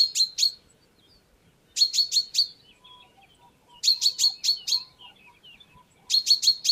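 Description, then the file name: Common chaffinch calling in quick bursts of several sharp, high metallic notes, repeated about every two seconds, with faint twittering between bursts. "Fringilla coelebs"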